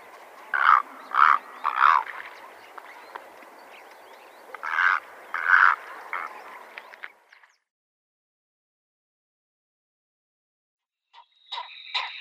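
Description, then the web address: Purple heron giving harsh, croaking calls in two clusters of three notes, a faint rustling background, then a pause and a few brief sharper notes at the end. "Schulze Peter Purple Heron"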